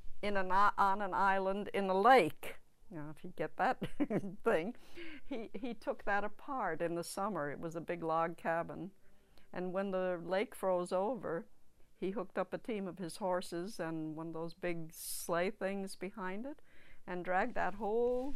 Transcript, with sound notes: in, on an island in a lake. Now if you get thing. (she laughs) He, he took that apart in the summer. It was a big log cabin and when the lake froze over, he hooked up a team of his horses and one of those big sleigh things behind it and dragged that whole